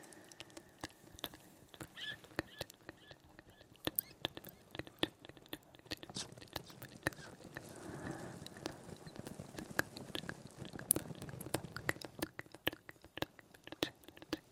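Dry taps and clicks land in quick irregular bursts throughout, sharp and bright, with soft brushing textures filling the gaps. Around eight to twelve seconds a denser rustle swells in the low-middle range, and faint breathy whispering sits underneath at low level.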